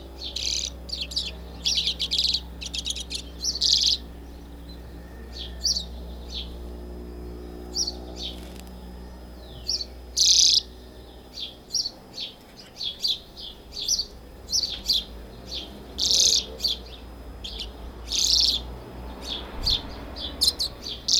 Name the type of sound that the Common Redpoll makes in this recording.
song